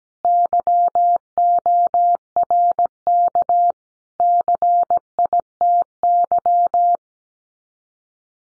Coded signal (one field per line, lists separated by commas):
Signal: Morse code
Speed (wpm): 17 wpm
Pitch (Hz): 700 Hz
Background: none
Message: YORK CITY